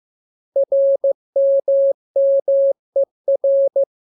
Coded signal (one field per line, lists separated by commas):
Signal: Morse code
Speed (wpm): 15 wpm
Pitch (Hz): 550 Hz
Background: none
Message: RMMER